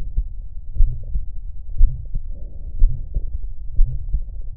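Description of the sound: Low, muffled adult heart sounds beat steadily at about 60 beats a minute, each beat a paired thud of first and second sounds. A soft rumble fills the gaps between beats. No words or other background sound are heard.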